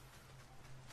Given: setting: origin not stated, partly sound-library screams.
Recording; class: one-second piece from a danger detection set; normal situation